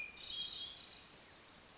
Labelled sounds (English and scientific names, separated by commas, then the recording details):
Hermit Thrush (Catharus guttatus)
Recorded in Sonoma County, California